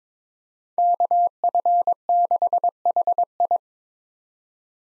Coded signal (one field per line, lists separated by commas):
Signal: Morse code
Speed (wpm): 22 wpm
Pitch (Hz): 700 Hz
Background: none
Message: KF6HI